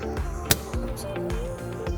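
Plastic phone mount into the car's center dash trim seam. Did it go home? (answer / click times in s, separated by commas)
yes / 0.5 s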